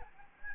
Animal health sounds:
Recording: mosquito wingbeat signal from an infrared sensor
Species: Aedes albopictus

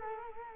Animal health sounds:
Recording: mosquito wingbeat signal from an infrared sensor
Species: Culex quinquefasciatus

